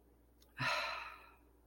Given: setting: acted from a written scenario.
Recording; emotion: vocal sound without words; serenity